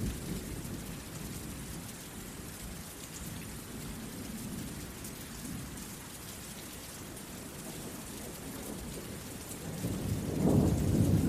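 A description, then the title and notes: Heavy rain pours steadily, a dense hiss filling the whole clip with a low rumbling underneath. Distant thunder rolls through the low end for most of the stretch, and near the end a louder, closer rumble swells up around the ten-second mark. Epic Winter Thunderstorm 1 Hours Heavy Rain & Thunder Sound for Relaxing.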